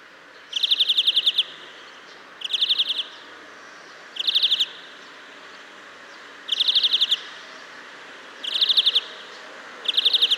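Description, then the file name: European greenfinch calls: short buzzy trilled bursts of rapid ticking notes, each under a second, repeated about every two seconds, six bursts in all. "Chloris chloris"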